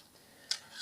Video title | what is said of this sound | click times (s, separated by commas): #2 Déballage de colis | mousse et une autre vie donc ça se clipse donc | 0.5 s